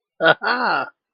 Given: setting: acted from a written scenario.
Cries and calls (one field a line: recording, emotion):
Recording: vocal sound without words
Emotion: elation